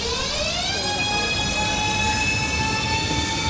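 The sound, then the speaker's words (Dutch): A passenger train taking a commuter to work rolls along the rails with a constant rumbling roar, while a high, ringing whine climbs in pitch during the first second and then holds steady. No voices. “ze stapt elke ochtend weer in de trein naar haar werk.”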